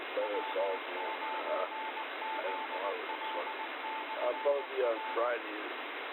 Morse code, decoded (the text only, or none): W9ZL/R